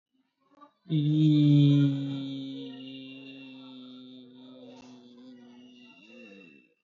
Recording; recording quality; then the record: sustained vowel as in beet; moderate, slight background noise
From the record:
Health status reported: respiratory illness, not identified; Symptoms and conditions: asthma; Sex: male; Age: 19 years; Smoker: not ticked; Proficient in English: yes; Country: India